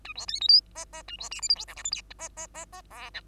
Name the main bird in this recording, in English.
Bengalese Finch